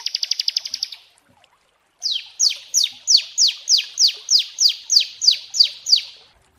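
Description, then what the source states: Prinia song: the end of a rapid buzzy trill, a short silence, then a steady run of high, downward-slurred notes, roughly three per second. Prinia song used as a masteran (tutor) therapy recording.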